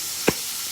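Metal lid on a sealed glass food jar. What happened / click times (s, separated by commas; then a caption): The jar lid's vacuum seal popped open / 0.3 s. A metal lid is twisted open on a sealed glass food jar, away from a frying pan, against a steady background hiss. At 0.3 s the lid's vacuum seal releases with a short, sharp snap, and the jar is open.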